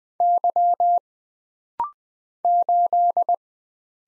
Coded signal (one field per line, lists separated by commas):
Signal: Morse code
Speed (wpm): 20 wpm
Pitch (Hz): 700 Hz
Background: none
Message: Y 8